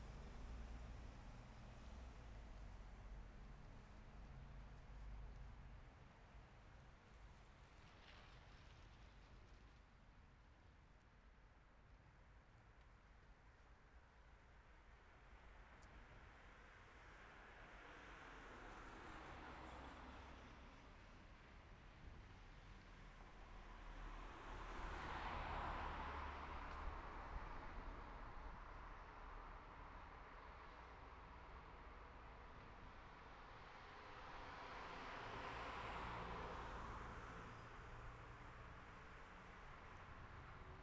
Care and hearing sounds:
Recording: everyday scene through a hearing-aid microphone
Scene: in traffic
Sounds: traffic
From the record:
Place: city secondary road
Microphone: behind the ear, right, rear

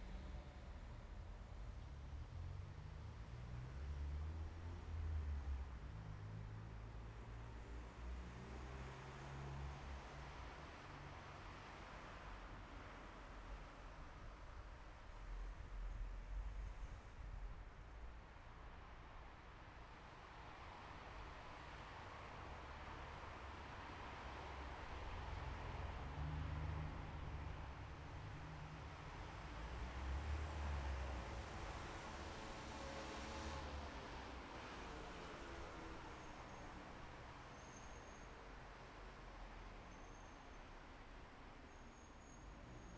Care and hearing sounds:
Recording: everyday scene through a hearing-aid microphone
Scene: in traffic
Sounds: traffic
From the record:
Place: bus stop on a city main road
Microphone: behind the ear, left, front

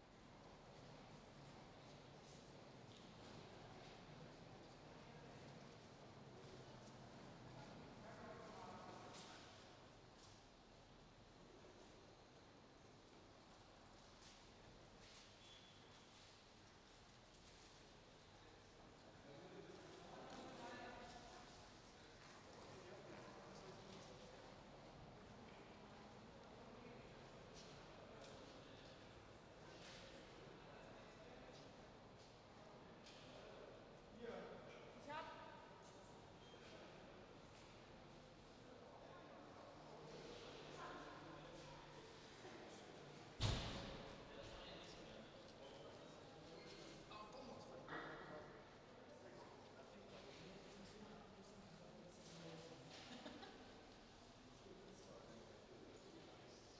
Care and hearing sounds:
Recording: everyday scene through a hearing-aid microphone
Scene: reverberant space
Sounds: background noise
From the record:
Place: railway station hall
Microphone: in the ear canal, left

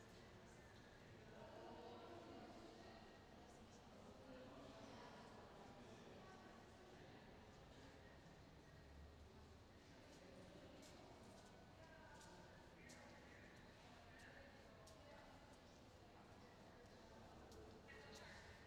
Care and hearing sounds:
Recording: everyday scene through a hearing-aid microphone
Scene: reverberant space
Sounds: background noise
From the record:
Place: railway station hall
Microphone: in the ear canal, left

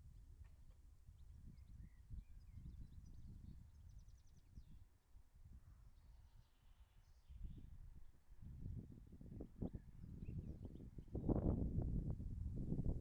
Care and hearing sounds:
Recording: everyday scene through a hearing-aid microphone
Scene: wind on the microphone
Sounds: wind, birds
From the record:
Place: in front of a rural house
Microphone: behind the ear, left, front

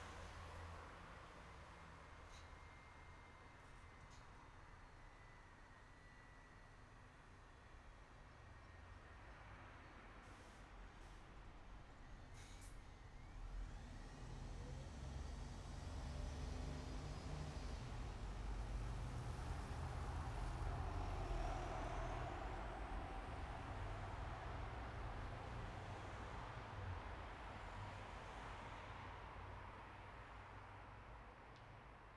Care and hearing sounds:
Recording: everyday scene through a hearing-aid microphone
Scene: in traffic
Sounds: traffic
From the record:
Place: bus stop on a city main road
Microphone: behind the ear, right, rear

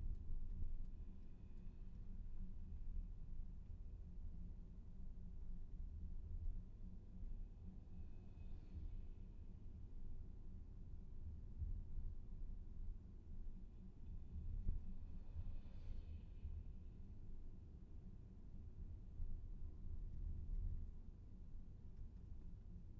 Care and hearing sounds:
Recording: everyday scene through a hearing-aid microphone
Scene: in a vehicle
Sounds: engine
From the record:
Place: VW T5 Caravelle, diesel engine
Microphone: behind the ear, left, front

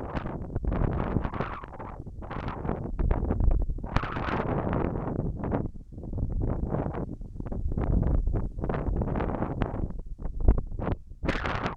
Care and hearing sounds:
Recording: everyday scene through a hearing-aid microphone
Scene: wind on the microphone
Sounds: wind, whistling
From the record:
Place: in front of a rural house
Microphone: behind the ear, left, rear

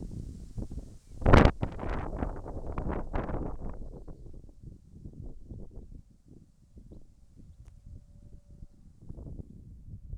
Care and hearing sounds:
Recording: everyday scene through a hearing-aid microphone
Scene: wind on the microphone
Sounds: wind, whistling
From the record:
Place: in front of a rural house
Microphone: behind the ear, left, front

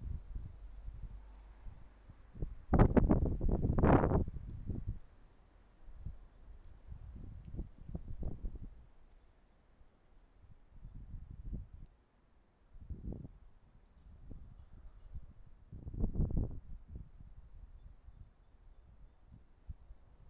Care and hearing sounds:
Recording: everyday scene through a hearing-aid microphone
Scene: wind on the microphone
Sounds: wind, traffic, birds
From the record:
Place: suburban garden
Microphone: behind the ear, right, front

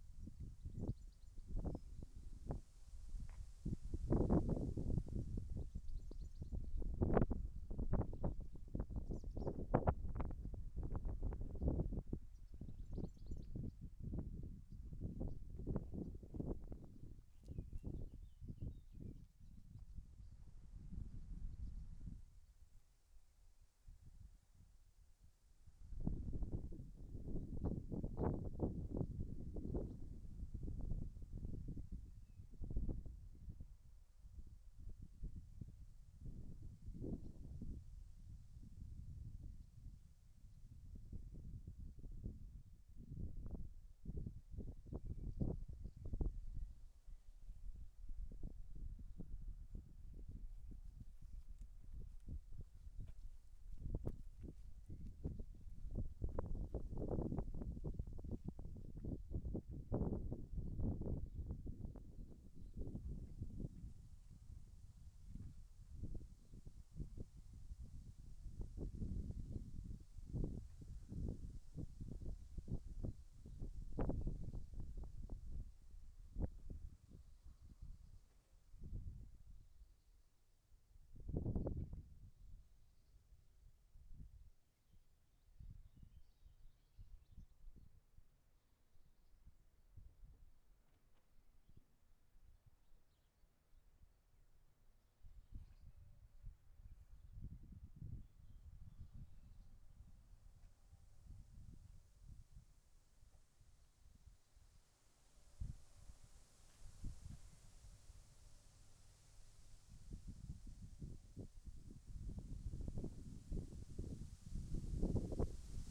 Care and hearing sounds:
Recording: everyday scene through a hearing-aid microphone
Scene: wind on the microphone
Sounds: wind, other noises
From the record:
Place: in front of a rural house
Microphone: behind the ear, left, rear

